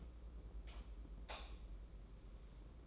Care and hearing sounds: daily activity, microphone in the room; light off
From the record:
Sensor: 1

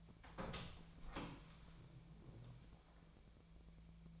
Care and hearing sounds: daily activity, microphone in the room; open door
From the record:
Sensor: 1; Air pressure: 1000.5 hPa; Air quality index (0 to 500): 185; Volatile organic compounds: 4 ppm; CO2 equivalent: 1704 ppm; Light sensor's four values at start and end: 11/27/11/13 and 12/28/11/13

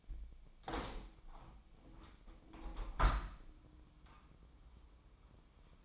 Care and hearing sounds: daily activity, microphone in the room; open window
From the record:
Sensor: 1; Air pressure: 1006.5 hPa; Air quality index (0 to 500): 209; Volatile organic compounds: 24 ppm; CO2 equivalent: 2818 ppm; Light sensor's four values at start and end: 12/31/12/14 and 12/32/12/14

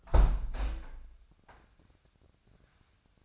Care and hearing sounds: daily activity, microphone in the room; close window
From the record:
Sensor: 2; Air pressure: 997.8 hPa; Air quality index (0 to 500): 128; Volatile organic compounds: 3 ppm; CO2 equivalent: 1436 ppm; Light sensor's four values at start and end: 11/32/13/12 and 11/32/13/12

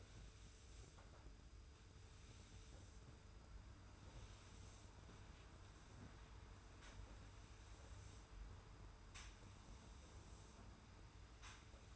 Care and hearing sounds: daily activity, microphone in the room; sweep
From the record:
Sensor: 2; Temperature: 25.1 degrees Celsius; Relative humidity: 42.2%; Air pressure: 991.2 hPa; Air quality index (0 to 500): 147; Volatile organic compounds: 362 ppm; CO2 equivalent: 4605 ppm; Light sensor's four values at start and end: 41/116/46/44 and 42/118/47/45

